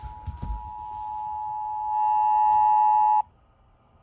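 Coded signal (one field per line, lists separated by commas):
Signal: Emergency Alert System (SAME) tones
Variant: 853 and 960 Hz attention tone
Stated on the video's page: North Carolina Child Abduction Emergency alert.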